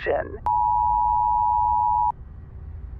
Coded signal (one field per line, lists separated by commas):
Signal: Emergency Alert System (SAME) tones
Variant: 853 and 960 Hz attention tone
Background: speech